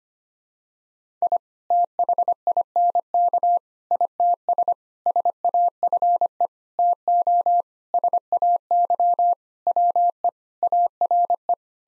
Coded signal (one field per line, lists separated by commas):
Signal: Morse code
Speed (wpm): 25 wpm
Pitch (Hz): 700 Hz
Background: none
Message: I THINK ITS SAFE TO SAY WE ARE